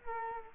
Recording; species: mosquito wingbeat signal from an infrared sensor; Culex quinquefasciatus